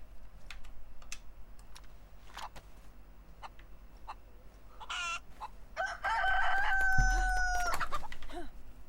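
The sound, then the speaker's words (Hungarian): Scattered sharp clicks and taps, then a rooster lets out a single loud, drawn-out crow lasting about two seconds, its pitch wavering and breaking toward the end. “Na még azért ezt a csirkét megkopasztom.”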